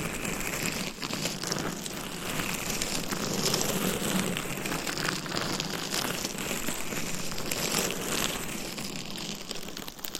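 Continuous scratching on a mic cover fills the clip with dense, crackly rustling, like rain on a surface. The texture stays steady at a fairly even loudness, with brief brighter bursts of scraping every second or so and a soft low rumble underneath.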